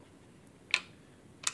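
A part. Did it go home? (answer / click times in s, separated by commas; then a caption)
yes / 0.7 s. A LaRue Tactical QD tripod adapter mount on a rifle's rail is set down into a ball head's quick-release clamp, making one loud, sharp metal click at 0.7 s. A second sharp tick follows at about 1.5 s over quiet background noise. The adapter automatically snaps into place and is seated, ready to go.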